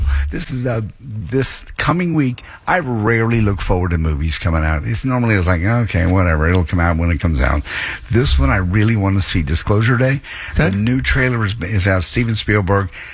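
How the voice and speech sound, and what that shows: A man speaks fluently in a low, steady voice at a relaxed conversational pace, with only brief pauses and a small restart. Voice quality is clear with no roughness or strain, consistent with normal adult speech in a casual chat on live radio.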